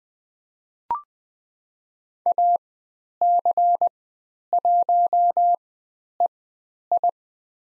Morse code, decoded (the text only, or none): AC1EI